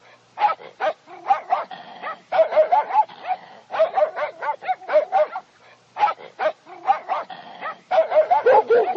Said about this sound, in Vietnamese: Đàn chó cứ vây kín chung quanh chị Dậu như quân đèn cù.